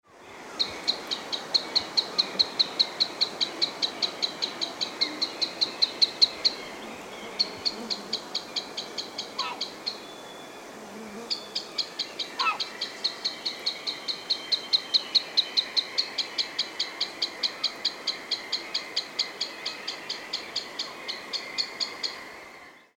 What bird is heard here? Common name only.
Green Sandpiper